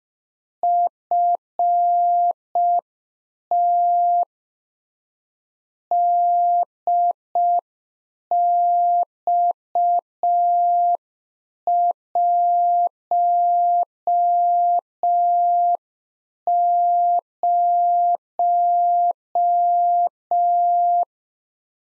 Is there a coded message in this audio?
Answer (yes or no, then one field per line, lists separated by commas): yes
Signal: Morse code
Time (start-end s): 0.6-21.0 s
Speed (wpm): 5 wpm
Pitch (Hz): 700 Hz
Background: none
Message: FTDX10